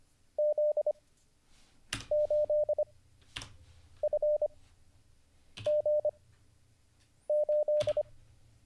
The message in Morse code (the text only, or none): Z8FG8